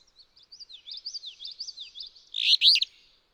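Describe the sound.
Alder flycatcher delivering one loud, buzzy burry phrase near the end, preceded by a long run of thin, rising and falling whistles from another bird.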